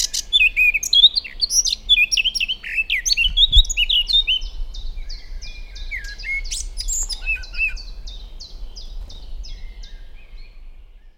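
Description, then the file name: Eurasian blackcap warbling a fast jumble of sweet notes that shifts into a series of short repeated notes, fading toward the end. "Sylvia atricapilla"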